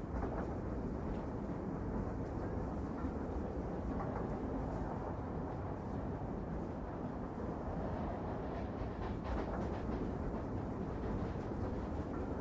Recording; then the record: background sound without coughing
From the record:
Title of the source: Train Ride Ambience ambient white noise for sleeping, focus, studying, reading